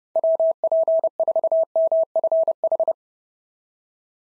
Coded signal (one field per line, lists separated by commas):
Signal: Morse code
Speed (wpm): 28 wpm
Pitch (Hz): 660 Hz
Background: none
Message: WP4MFH